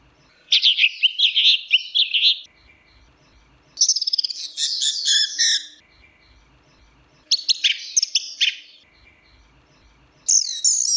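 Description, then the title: Bird song in bursts of rich, warbling chirps and rapid trills at high pitch, each phrase lasting one to two seconds with short pauses between. "SuaraBurung Kicau"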